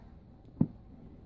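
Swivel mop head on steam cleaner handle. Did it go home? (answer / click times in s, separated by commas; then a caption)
yes / 0.6 s. The swivel mop head attachment on the handle of a McCullock MC1375 steam cleaner is moved until it locks into place, so the mop can stand on its own without the handle making it fall over. A single short, dull click with most of its energy in the low-mid range sounds at 0.6 s against a quiet background, and the swivel head is seated and locked.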